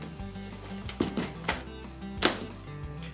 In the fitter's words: So you hear that actually a little snap?